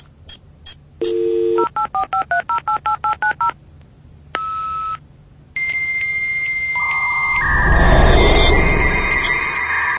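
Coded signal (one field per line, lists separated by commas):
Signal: dial-up modem handshake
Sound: two short beeps, about 11 dialing tones, a ring tone, then screeching handshake and hiss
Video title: Dial-UP modem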